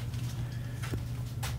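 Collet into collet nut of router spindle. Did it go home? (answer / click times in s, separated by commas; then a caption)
no / none. A metal collet is picked up and lined up to go inside the collet nut of a CNC router spindle, with a steady low hum running throughout and a few brief handling rustles. The collet has not clicked into place yet.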